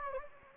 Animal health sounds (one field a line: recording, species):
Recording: mosquito wingbeat signal from an infrared sensor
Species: Anopheles gambiae